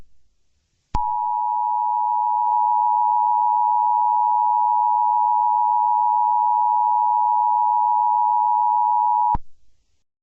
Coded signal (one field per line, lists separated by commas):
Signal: Emergency Alert System (SAME) tones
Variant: 853 and 960 Hz attention tone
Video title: EAS scenario my little pony